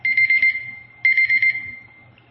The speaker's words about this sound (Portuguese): Onde eu estava aqui? Antes desse relógio me atrapalhar. Ah, não, é temporizador.